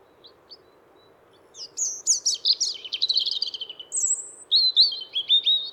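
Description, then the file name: European robin: after a few faint notes, a rich warbled phrase of high trills and clear whistled notes rising and falling, with a low hum beneath. "zaryanka"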